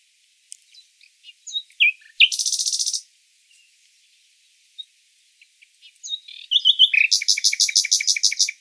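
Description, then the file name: Common nightingale singing scattered sharp chirps, then a dense buzzy burst; after a pause, clicks lead into a long, loud, rapidly pulsing trill. "Luscinia megarhynchos"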